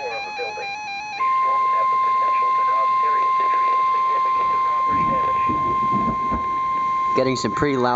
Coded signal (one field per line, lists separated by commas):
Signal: Emergency Alert System (SAME) tones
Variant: 1050 Hz attention tone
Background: speech, music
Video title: Special Marine Warning (EAS #603)